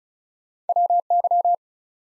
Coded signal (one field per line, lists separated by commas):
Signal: Morse code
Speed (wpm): 36 wpm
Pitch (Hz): 700 Hz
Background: none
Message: WY